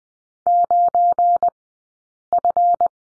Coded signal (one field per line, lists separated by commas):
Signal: Morse code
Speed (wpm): 20 wpm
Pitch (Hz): 700 Hz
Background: none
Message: 9F